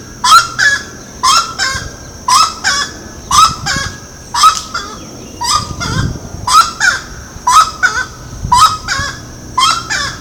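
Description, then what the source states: Grey-cowled wood rail calling loudly, harsh honking double and triple notes repeated about once a second in a steady, rollicking series. Ibirapuera, São Paulo, Brazil, 6 December 2012.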